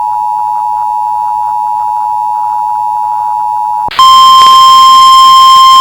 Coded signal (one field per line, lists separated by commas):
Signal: Emergency Alert System (SAME) tones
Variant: 853 and 960 Hz attention tone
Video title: [EAS] Compilation 2024 - First of the Year EAS Tests